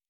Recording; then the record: hydrophone in a shrimp aquaculture tank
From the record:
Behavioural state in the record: normal